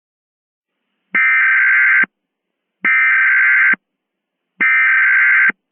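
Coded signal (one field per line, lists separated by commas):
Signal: Emergency Alert System (SAME) tones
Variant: header bursts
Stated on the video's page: Fictional mock EAS scenario using Microsoft Sam text-to-speech voice.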